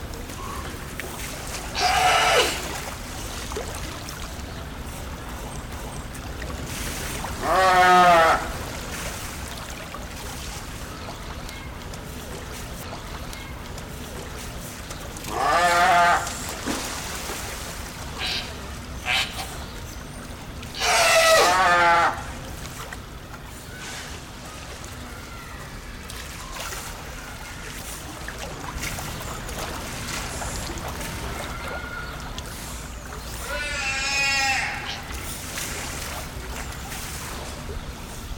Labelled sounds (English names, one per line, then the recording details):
Brown Fur Seal call
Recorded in captivity
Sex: group
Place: Zoo Berlin, Berlin, DE
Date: 1996-01-12 10:24
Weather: bedeckt, um 0°C
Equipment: Marantz CP 430, Sennheiser ME 80, Kopie Uher 4000 Report Monitor
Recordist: Tembrock, Günter